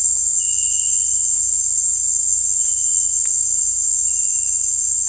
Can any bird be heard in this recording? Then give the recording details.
no. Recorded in dense forest near Puerto Asís, Putumayo, Colombia, on 18 December 2024 at 18:00. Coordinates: 0.484, -76.317. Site G026